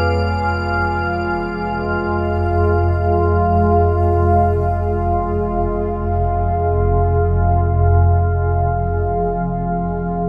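A re-synthesized rubbed gong drones steadily for the whole clip, a dense stack of ringing tones with a heavy, slowly wavering low hum. Bright metallic overtones shimmer above and thin out after about four seconds, while the loudness stays nearly level throughout.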